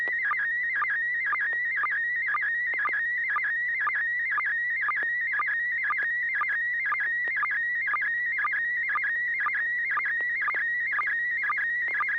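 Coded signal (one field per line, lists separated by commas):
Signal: SSTV (slow-scan television)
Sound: warbling whistle near 1.9 kHz with rapid regular low clicks, about two per second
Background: low hum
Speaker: Bill November 6 whiskey lima mike you are first up are you ready to send something fabulous to us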